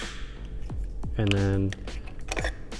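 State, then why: Released. A mount adapter is released from the mount of a Holley 5" digital dash display and pops out, with a sharp click at 2.3 s followed by quick rattling handling sounds. Someone talks, and a steady tone with harmonics rises briefly in the middle.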